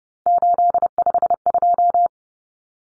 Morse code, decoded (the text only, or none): 852